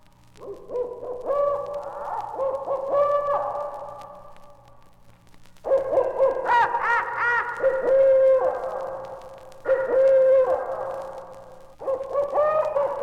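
Owl hooting: four long, buzzy, mid-pitched phrases separated by short pauses, each holding steady tones that waver and bend.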